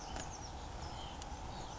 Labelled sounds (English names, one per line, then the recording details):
White-breasted Nuthatch
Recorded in Sonoma County, California